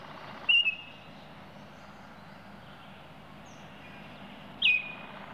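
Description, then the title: Oriole gives two short whistled notes about four seconds apart, the second sharply dropping then levelling off, with faint steady background noise. "BirdOriole"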